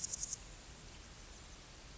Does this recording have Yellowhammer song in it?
no